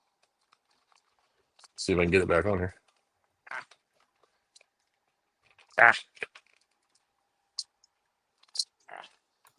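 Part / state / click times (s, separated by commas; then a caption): toy figure head onto its body/neck peg / seated / 7.6 s. A detached head is refitted onto a toy figure's body, pushed onto its neck peg while someone talks. After some fumbling with soft handling noises, a sharp click at 7.6 s marks the head locking into place.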